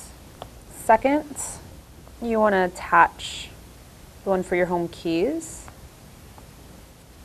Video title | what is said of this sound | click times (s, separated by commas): Snap-On Case for G1-Review | that pops right into place. | 0.4 s